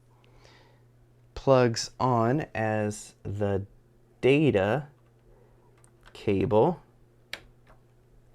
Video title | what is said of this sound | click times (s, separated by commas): Building My New Computer | clicks in with a satisfying click so that's the data cable now | 7.3 s